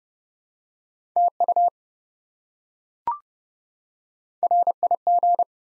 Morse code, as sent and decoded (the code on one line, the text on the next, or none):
- ..- / .-. .. --.
TU RIG